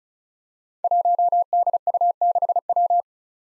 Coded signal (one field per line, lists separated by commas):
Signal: Morse code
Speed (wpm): 36 wpm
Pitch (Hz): 700 Hz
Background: none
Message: 1DU6W